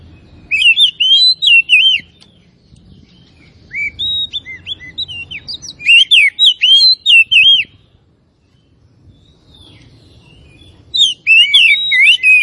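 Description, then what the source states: Oriental magpie-robin singing in separate bursts of rich, looping whistles and sharp chirps, with quiet gaps of a few seconds between phrases. Kacer of the Tretes type, described as gacor (singing vigorously).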